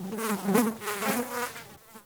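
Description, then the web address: Fly buzzing, a steady low droning hum that wavers and swells, fading near the end. Close-up fly buzz. "Soulframe Sounds. Insects Insect Fly Buzz Close"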